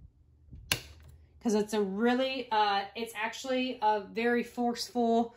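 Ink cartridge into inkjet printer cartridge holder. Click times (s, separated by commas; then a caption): 0.7 s. A cyan ink cartridge is pushed forcefully into the cartridge holder of an inkjet printer, giving a single sharp, loud click at 0.7 s as it snaps home and seats; the click matters because without it the printer will not register the colors. Someone talks for the rest of the clip.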